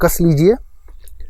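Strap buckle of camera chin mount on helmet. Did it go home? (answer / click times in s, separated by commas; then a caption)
yes / 1.1 s. Someone talks, then the plastic buckle on the first strap of an action camera's chin mount on a helmet is fitted and snaps shut with a sharp click at 1.1 s. The buckle locks by itself.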